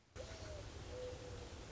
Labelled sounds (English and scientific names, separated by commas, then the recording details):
Mourning Dove (Zenaida macroura)
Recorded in Sonoma County, California